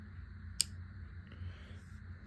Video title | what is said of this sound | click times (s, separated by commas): The GEC experience for less! | Clicks in nice look at that spear point blade | 0.6 s